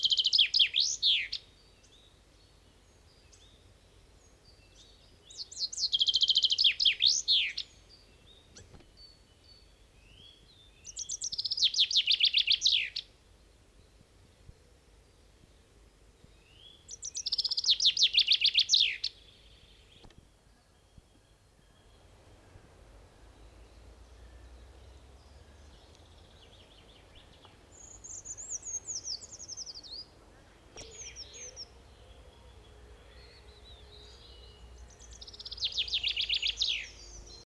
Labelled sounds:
Common Chaffinch (Fringilla coelebs) song
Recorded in the wild
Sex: male
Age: adult
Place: Detmold, OT Hiddesen, Teutoburger Wald, Nordrhein-Westfalen, DE
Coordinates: 51.9272, 8.80583
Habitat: pond
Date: 1969-04-07
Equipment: Uher 4000 Report-S, Bändchenmikro Beyer M 260, Parabolspiegel Polyester (470 mm)
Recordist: Conrads, Klaus
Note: NSG Donoper Teich bei Detmold, Heidental. Männchen: Gesang, Driburger-Dialekt

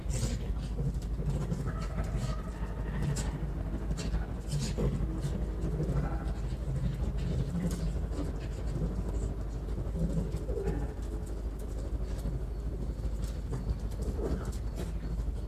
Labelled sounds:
Arctic Fox (Vulpes lagopus)
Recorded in captivity
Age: adult
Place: Zoologisches Institut der HUB, Berlin, DE
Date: 1957-03-22 18:30
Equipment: Elmetra
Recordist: Tembrock, Günter

